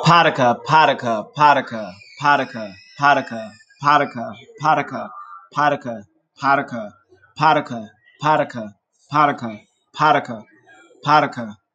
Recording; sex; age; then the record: repeated syllables /pa ta ka/; male; 30 to 39 years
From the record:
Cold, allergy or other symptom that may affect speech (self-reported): no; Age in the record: 33 years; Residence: North Carolina, United States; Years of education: 12